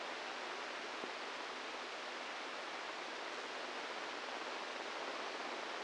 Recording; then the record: brain microelectrode recording played as sound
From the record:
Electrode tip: inside the subthalamic nucleus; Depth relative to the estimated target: -1 mm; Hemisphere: right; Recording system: NeuroSet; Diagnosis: Parkinson's disease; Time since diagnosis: 8 years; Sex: male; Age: 46 years